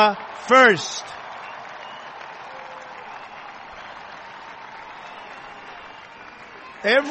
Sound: applause

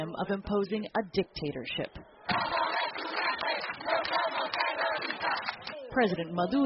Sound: crowd chanting

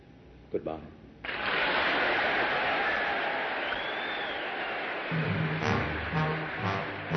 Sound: applause

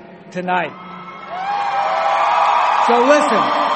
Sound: applause

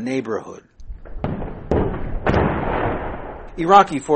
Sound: gunfire

